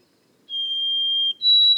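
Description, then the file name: White-throated sparrow song opening: a long, steady, pure whistled note, then a brief pause and a slightly higher whistle that is cut off early. Recorded in the boreal forest of Haute-Côte-Nord on 29 May 2018. "bruant-a-gorge-blanche-foret-boreale-de-la-haute-cote-nord-29-mai-2018"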